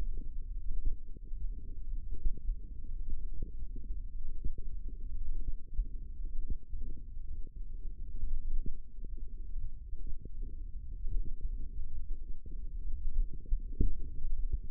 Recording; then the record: forearm muscle sounds (acoustic myography)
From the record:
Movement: tripod grip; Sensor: system 1, eight BSWA MPA416 microphones around the upper forearm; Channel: 8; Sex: female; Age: 22 years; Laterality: right